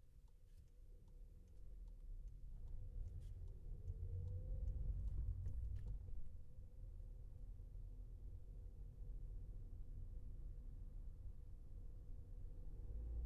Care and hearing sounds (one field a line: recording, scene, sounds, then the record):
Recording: everyday scene through a hearing-aid microphone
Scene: in a vehicle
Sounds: engine, highway traffic jam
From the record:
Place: Skoda Fabia, gasoline engine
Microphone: behind the ear, left, front